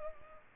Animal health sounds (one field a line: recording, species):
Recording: mosquito wingbeat signal from an infrared sensor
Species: Culex pipiens